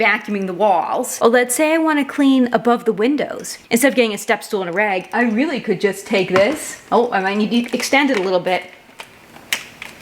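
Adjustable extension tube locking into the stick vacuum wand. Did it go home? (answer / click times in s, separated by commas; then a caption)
no / none. Someone talks while handling the adjustable plastic extension tube on a Yonnder E1 cordless stick vacuum's wand, starting to pull it out to lengthen it. A few short, sharp handling sounds come near the end. The tube has not clicked or locked into an extended position yet.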